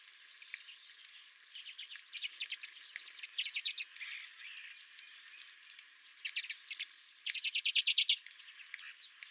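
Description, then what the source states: Redpolls giving scattered thin chirps and twitters, with a loud rapid run of chatter near the end. Redpolls at the recordist's own feeder.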